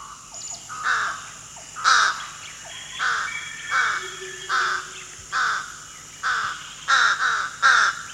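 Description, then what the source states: Slender-billed Crow giving a long series of rough, nasal caws about once per second, with soft forest background sounds. Recorded at Danum, Borneo, on 1 July 2008.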